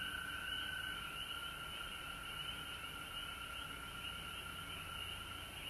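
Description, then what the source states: Frog chorus, a dense continuous wall of high trilling calls at two steady pitches, unbroken for the whole stretch over a faint low hiss. Recorded at home in Georgia on March 19, 2020.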